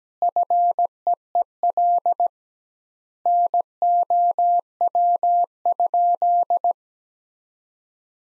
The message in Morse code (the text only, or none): FEEL NOW?